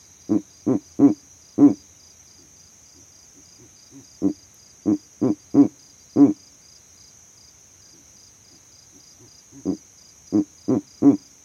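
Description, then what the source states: Verreaux's eagle owl calling in bouts of four or five low, gruff hoots, with pauses of a few seconds between bouts; a continuous shrill insect chorus runs underneath. Male advertising his territory from a tree in savanna; the overnight recording rig was set up in that same tree.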